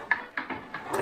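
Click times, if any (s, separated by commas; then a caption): 0.1 s. A hidden sliding handle is pulled back out from under a wooden tea cart frame and snaps into its extended position, locking in place. A sharp click lands at 0.1 s, followed by smaller rattles around 0.4, 0.5, 0.8 and 0.9 s. The handle is seated.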